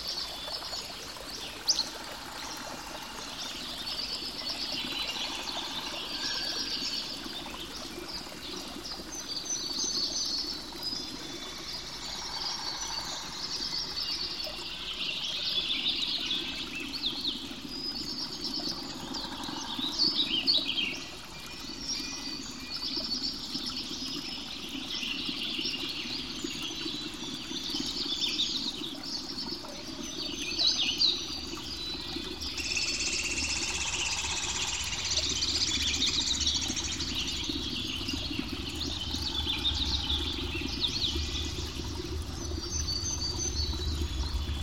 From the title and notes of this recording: The deep bass tones of the fall, the clashing ringing spray an infinite variety of small, low tones of the current gliding past the side of the Boulder Island and glinting against a thousand smaller stones down the Ferny channel. Follow the sounds of the Merced River in Yosemite National Park.